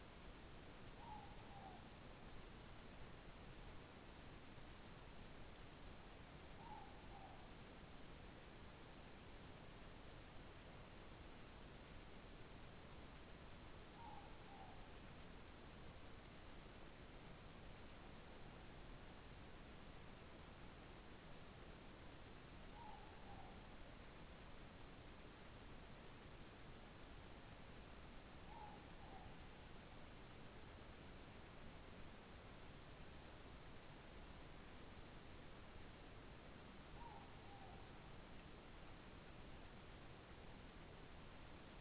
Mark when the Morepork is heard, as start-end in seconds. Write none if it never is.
0.78-1.81, 6.42-7.36, 13.81-14.78, 22.63-23.57, 28.29-29.35, 36.79-37.85